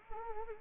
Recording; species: mosquito wingbeat signal from an infrared sensor; Anopheles arabiensis